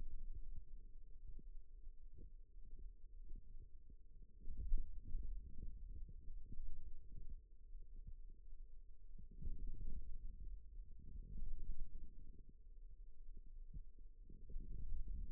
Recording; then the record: forearm muscle sounds (acoustic myography)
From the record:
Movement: radial deviation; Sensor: system 2, bracelet of six BSWA MPA416 microphones around the upper forearm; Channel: 4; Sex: male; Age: 22 years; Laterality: right